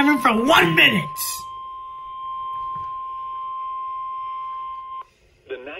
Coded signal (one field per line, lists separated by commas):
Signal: Emergency Alert System (SAME) tones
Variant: 1050 Hz attention tone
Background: speech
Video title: EAS 76 - Severe Thunderstorm Warning